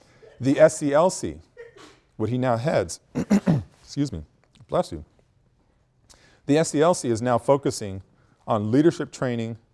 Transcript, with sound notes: The SCLC, what he now heads– [student sneezes and he coughs] excuse me, bless you–the SCLC is now focusing on leadership training